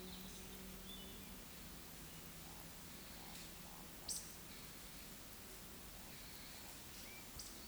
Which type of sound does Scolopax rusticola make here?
whistle, croak